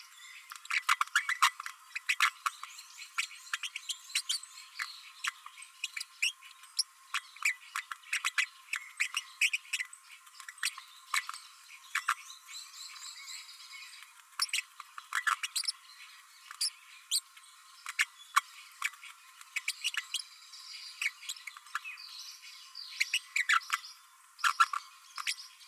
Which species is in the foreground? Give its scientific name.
Forpus passerinus